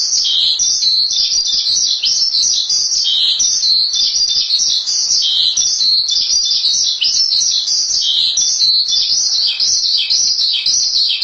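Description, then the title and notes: Starling song, a fast unbroken stream of high chirps and trills, even in loudness from start to finish. "suara burung jalak"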